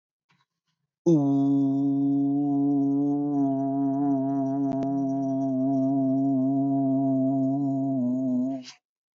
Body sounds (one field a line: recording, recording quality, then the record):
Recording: sustained vowel as in boot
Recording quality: moderate, slight background noise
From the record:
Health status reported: healthy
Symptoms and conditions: diabetes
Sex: male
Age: 39 years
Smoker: yes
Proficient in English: yes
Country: India